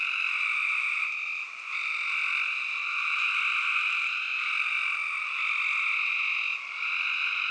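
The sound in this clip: Spring peeper chorus, many high piping peeps blending into a constant ringing wall of sound, with brief dips in loudness.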